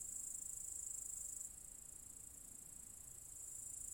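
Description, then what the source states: Cicadas buzzing in a shrill continuous chorus that dips abruptly in loudness after a moment, then rises again toward the end. Several cicadas in an apple tree orchard at Zalensų Sodybos, Lithuania, on 23 August 2015.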